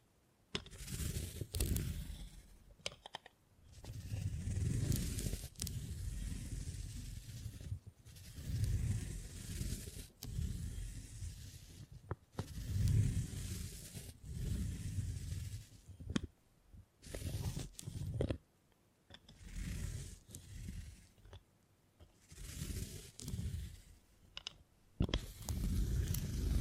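Beeswax being handled with soft crinkly scraping and squishing, in uneven bursts separated by brief silences, with sharp clicks throughout.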